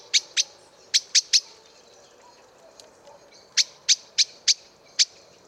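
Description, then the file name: Common blackbird chinking: two notes, then three, a quiet gap, and a longer run of five sharp clicking calls. "Turdus merula"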